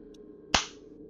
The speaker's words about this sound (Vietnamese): Một cái tát như trời giáng đập thẳng xuống mặt